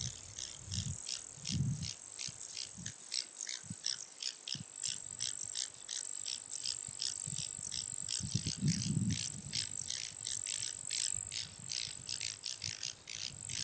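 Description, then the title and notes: Bush crickets and grasshoppers stridulating, a high buzzy ticking in quick irregular pulses over a continuous insect hiss, with occasional low rumbles. Khustain Nuruu National Park, Mongolia, 100 km west of Ulaanbaatar, a biosphere reserve; dated 16.08.30; park has ten bush cricket and 29 grasshopper species among 385 insect species. "Khustain National Park. 16.08.30. Khustain Nuruu National Park. some of the 385 species of insects can be heard in this clip. It sounds like a fair representation of the ten species of bush cricket and 29 of grasshopper"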